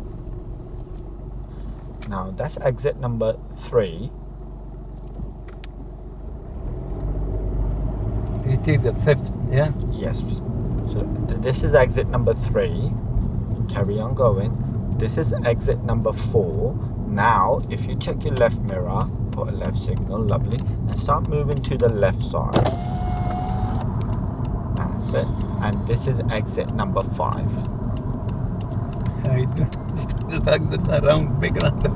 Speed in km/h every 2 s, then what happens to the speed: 0, 0, 5, 18, 24, 29, 29, 29, 27, 27, 27, 27, 29, 31, 31, 34.
0-3 standing. 3-10 pulls away to 29. 10-22 steady at about 27. 22-32 speeds up to 34.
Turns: none.